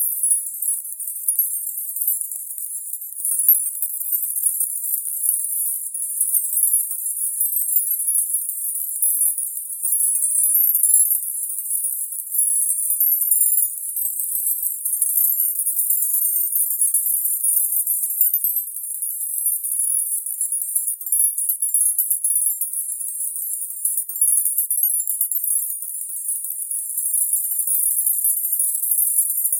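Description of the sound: A thin, very high-pitched shimmering hiss with faint tinkling flickers runs steadily for about thirty seconds, with nothing in the low or middle range. It is a synthetic tinnitus masker, a '10k distractor' pitched near 10 kHz, meant to cover or distract from ringing in the ears.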